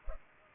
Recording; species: mosquito wingbeat signal from an infrared sensor; Culex pipiens